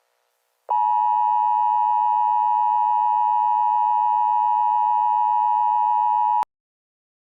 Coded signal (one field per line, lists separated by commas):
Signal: Emergency Alert System (SAME) tones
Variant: 853 and 960 Hz attention tone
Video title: The Gloomo Hotel Disaster | An EAS Scenario